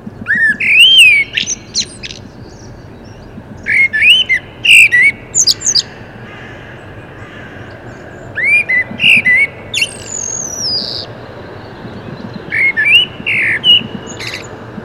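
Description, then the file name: Common blackbird delivering four separate song phrases of melodious whistled notes with high, thin squeaky endings, quiet gaps between phrases. "Turdus merula"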